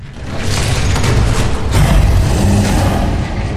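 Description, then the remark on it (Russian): A deep, guttural roar of something very large coming from a rift rumbles loudly and steadily for a few seconds, making shop-window glass vibrate, heavy in the low end with a rough, grinding texture and no voices. “Низкий, утробный, от которого завибрировали стекла в витринах.”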